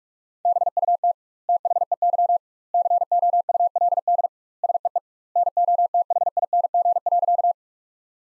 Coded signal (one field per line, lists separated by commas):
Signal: Morse code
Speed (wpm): 46 wpm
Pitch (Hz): 700 Hz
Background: none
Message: BUT THEY COULD SEE NOTHING.